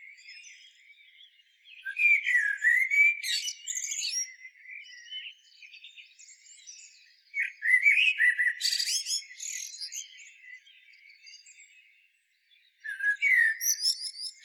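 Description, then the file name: Common blackbird song: three mellow warbled phrases with high squeaky twittering, separated by pauses of a few seconds, with faint twittering between. "Turdus merula"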